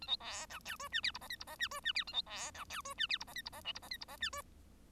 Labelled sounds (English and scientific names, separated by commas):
Bengalese Finch (Lonchura striata domestica) song